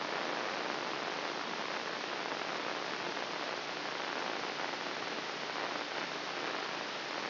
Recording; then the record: brain microelectrode recording played as sound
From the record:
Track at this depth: inside the subthalamic nucleus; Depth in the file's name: 4.706 mm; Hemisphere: left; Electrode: 2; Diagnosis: Parkinson's disease